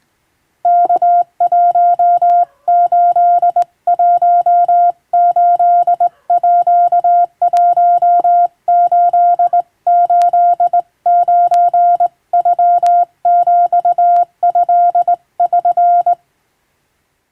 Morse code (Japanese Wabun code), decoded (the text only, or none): ワ1818ー1889ノヒト<SN>